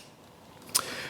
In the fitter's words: have Audible clicks on both positions